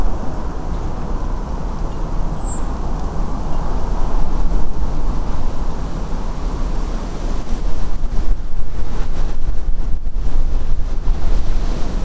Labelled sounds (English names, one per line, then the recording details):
Redwing
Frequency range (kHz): Redwing 6.9-8.9 kHz
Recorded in France